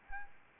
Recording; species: mosquito wingbeat signal from an infrared sensor; Anopheles arabiensis